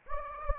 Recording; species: mosquito wingbeat signal from an infrared sensor; Anopheles gambiae